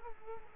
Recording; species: mosquito wingbeat signal from an infrared sensor; Culex quinquefasciatus